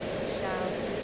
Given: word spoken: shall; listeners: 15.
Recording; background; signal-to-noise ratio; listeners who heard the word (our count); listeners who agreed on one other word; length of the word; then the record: one English word in noise, from a listening test; speech-shaped noise; -6.7 dB; 1 of 15; 7 of 15; 0.63 s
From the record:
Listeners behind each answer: 7, 5, 1, 1, 1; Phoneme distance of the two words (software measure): 20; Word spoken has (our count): 1 syllable, 3 phonemes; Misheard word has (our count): 1 syllable, 3 phonemes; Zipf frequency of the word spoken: 5.25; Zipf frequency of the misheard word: 4.43